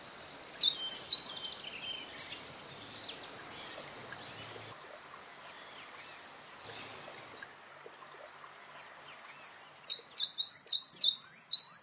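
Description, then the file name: Sayaca tanager song: a burst of high, squeaky slurred notes early on, a quiet gap, then a longer twittering run of sharp rising and falling notes near the end. "Canto do sanhacu cinzento"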